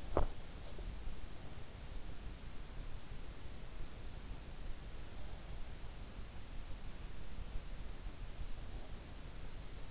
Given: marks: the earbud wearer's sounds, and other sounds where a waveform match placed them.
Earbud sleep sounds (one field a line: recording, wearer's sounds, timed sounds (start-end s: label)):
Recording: sounds in sleep by an in-ear microphone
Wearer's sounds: teeth grinding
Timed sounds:
0.00-0.45 s: teeth grinding